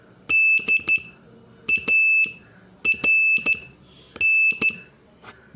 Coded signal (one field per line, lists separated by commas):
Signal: Morse code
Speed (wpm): 12 wpm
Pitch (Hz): 2650 Hz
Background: none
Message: DARN